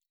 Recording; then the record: hydrophone in a shrimp aquaculture tank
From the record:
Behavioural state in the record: weakened